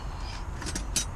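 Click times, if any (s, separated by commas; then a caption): 1.0 s. A locksmith works a screw out of storefront lock hardware with the small Phillips bit of a Klein 4-in-1 screwdriver, pressing hard on it. Over a low steady rumble, a faint scrape at 0.8 s is followed by a sharp, loud snap at 1.0 s as the bit cams out. The screw head is left completely stripped.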